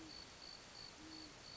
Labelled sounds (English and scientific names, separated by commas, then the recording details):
Great Horned Owl (Bubo virginianus)
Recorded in Sonoma County, California